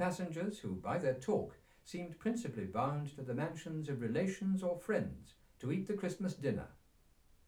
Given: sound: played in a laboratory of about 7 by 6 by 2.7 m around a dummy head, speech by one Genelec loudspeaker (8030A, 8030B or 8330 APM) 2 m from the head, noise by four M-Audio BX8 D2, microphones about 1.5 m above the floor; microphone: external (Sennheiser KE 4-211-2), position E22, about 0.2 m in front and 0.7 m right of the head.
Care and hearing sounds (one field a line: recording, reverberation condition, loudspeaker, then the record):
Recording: male speech in English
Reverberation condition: low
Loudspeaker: 90 degrees to the left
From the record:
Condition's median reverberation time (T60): about 310 ms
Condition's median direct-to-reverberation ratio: about 3.5 dB